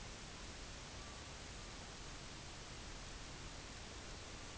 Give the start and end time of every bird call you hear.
[0.21, 1.91] Common Raven
[4.24, 4.57] Common Raven

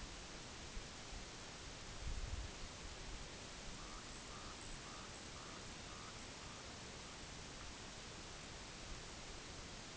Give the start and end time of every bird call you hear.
[3.67, 7.79] White-rumped Sandpiper

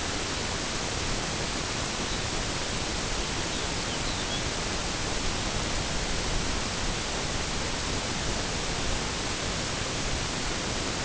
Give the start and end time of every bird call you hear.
[1.89, 2.31] Lapland Longspur
[3.35, 4.55] Lapland Longspur

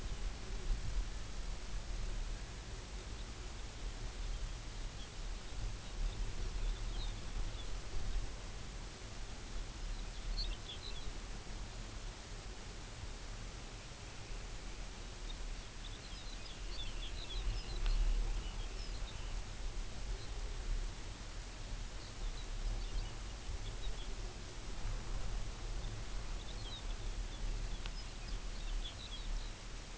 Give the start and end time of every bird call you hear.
[4.83, 7.71] Lapland Longspur
[9.77, 11.13] Lapland Longspur
[13.82, 14.97] Dunlin
[15.15, 19.29] Lapland Longspur
[16.34, 19.45] Dunlin
[20.05, 20.34] Lapland Longspur
[21.82, 24.14] Lapland Longspur
[25.71, 25.91] Lapland Longspur
[26.20, 29.59] Lapland Longspur

